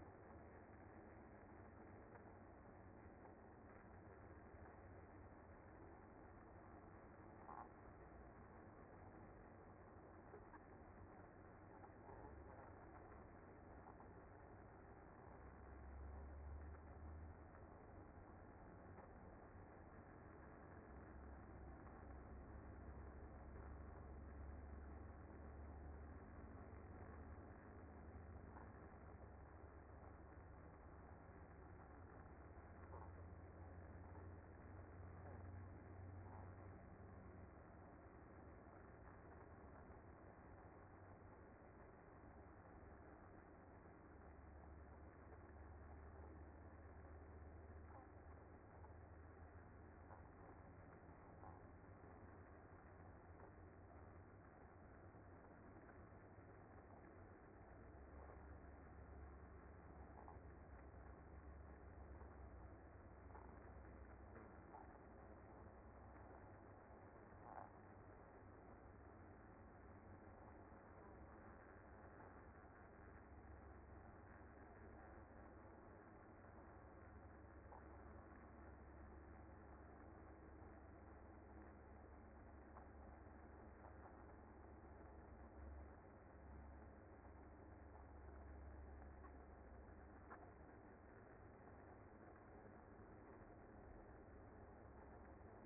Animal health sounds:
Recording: honeybee colony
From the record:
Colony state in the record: active

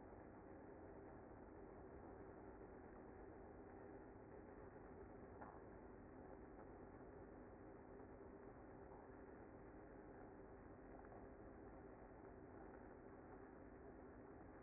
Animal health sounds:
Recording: honeybee colony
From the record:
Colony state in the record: active

